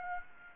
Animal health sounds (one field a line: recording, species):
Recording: mosquito wingbeat signal from an infrared sensor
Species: Aedes aegypti